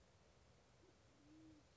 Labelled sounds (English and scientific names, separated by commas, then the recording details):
Band-tailed Pigeon (Patagioenas fasciata)
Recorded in Sonoma County, California